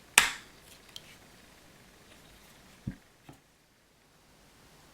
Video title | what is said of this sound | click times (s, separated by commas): Présentation de la lanterne Streamlight Siege AA | tourne et pour avoir un verrouillage vraiment complet il faut aller jusqu au clic | 0.2 s